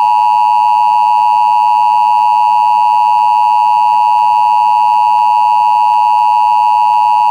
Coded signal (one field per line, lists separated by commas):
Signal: Emergency Alert System (SAME) tones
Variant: 853 and 960 Hz attention tone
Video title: Emergency Alert System (Zombies On RuneScape?)